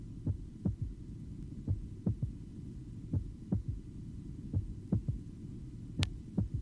Physiological third heart sound. It is taken at the apex. Only A2 is audible, and thus the second sound appears single at this site.